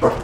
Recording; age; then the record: pig call; growing-finishing pig (85 days or more)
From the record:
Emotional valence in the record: positive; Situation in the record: run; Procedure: transit